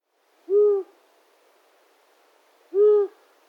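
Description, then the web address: Long-eared owl calling with two low, soft hoots a little over two seconds apart; otherwise near silence. "Vogelstimmen Waldohreule Asio otus"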